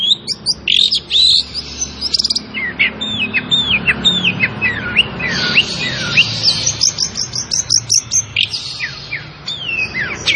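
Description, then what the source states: Long-tailed shrike song, a lively run of sharp whistled slurs and chattering notes, mostly high and rising or falling quickly, in uneven bursts with brief pauses. Singing lively, in the gacor style.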